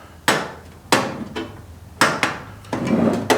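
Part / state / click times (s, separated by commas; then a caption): metal IO shield into PC case rear opening / seated / 0.3 s, 0.9 s, 2.0 s. A metal IO shield is pressed in at the corners into a PC case's rear opening. Sharp clicks are heard at 0.3, 0.9 and 2.0 seconds, followed by a few softer snaps, and the shield ends up seated and successfully installed.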